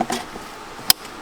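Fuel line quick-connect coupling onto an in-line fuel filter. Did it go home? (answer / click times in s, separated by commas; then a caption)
yes / 0.9 s. A fuel line quick-connect coupling on a Focus RS is pushed onto a new in-line fuel filter until it clicks home, with its red secondary lock then clicked closed. A sharp, bright click stands out at 0.9 s against a quiet background, with fainter ticks near the start and at about 1.3 s. The coupling is seated.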